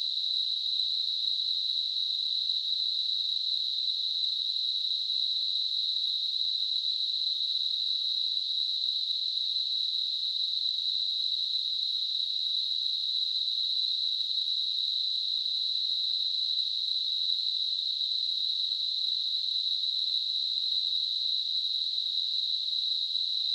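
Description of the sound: A simulated tinnitus sound: a steady, unbroken, narrow-band hiss centered high, around 4 kHz, at a constant level throughout, with nothing in the low frequencies.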